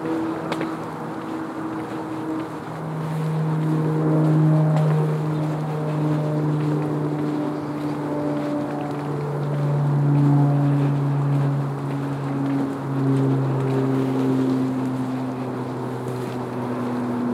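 A vehicle's engine drones low and steady throughout, its humming tones drifting slowly up and down in pitch. The sound swells around four and ten seconds, with a faint airy hiss and a few soft ticks underneath.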